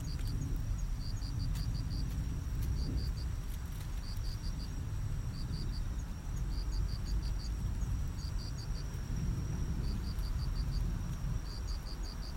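Cricket chirps in rapid clusters of high pulses, repeated throughout, over a heavy low rumble.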